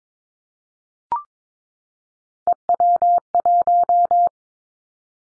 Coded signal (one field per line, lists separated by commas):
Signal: Morse code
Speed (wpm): 22 wpm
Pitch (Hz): 700 Hz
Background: none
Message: EW1